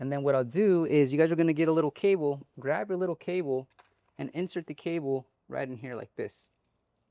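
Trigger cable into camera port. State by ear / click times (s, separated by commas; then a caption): not seated / none. A small trigger cable is being handled and guided toward a port on the camera while someone talks throughout. No sharp click stands out above the voice, and the cable has not yet seated or clicked into the port by the end of the clip.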